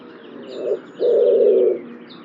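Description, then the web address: Bird cooing low, a brief note then a drawn-out hollow coo, with faint high chirps above. "cianscape birddata Deverinetal 2025 Bird Only"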